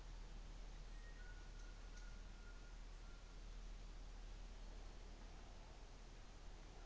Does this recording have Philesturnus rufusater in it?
no